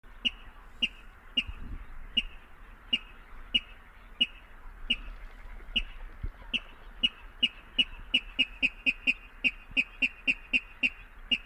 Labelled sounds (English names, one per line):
Water Rail